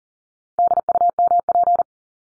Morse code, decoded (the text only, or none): DUMP